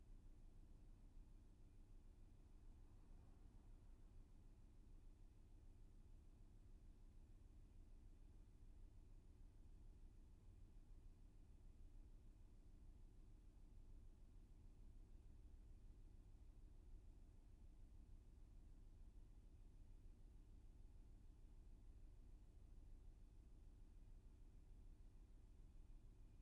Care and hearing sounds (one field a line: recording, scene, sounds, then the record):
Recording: everyday scene through a hearing-aid microphone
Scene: in a vehicle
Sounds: engine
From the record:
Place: VW T5 Caravelle, diesel engine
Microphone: behind the ear, left, front